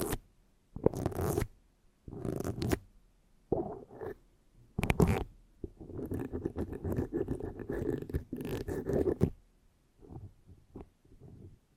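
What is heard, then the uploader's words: Harsh microphone scratching in short rough bursts, then a sustained grinding stretch around the middle, fading to a few lighter scrapes and taps. ASMR Intense Mic Scratching - Extremely Tingly (No Talking).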